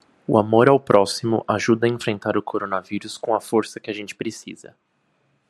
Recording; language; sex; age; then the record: spoken sentence; Brazilian Portuguese; male; 20 to 29 years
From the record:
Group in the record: control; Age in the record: 28 years